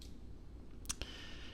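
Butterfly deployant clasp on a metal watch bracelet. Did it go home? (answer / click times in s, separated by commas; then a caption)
yes / 0.9 s, 1.0 s. A metal butterfly deployant clasp on the bracelet of a Nove Trident quartz ultra-thin dive watch is forced down and pressed closed on the wrist. Two sharp metallic clicks sound at 0.9 s and 1.0 s over a quiet background. The clasp snaps shut with a solid click and is fully closed.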